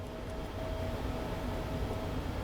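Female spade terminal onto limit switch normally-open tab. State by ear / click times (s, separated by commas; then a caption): not seated / none. A red 22-gauge wire's pre-crimped female spade terminal is handled toward the normally-open tab of a small limit switch, with only a steady low rumble and faint hum throughout. Nothing has clicked or seated yet; the terminal is not yet home on the tab.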